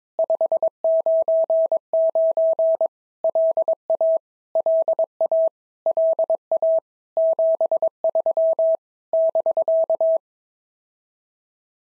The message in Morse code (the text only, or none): 599 LA LA LA 73 <BK>